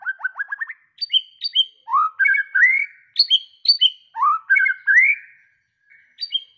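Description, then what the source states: White-rumped shama song: clear whistled phrases, rising slurs and short ringing notes, opening with a quick run of short notes. Lure recording of an actively singing (gacor) white-rumped shama, played to make other shamas respond and sing straight away.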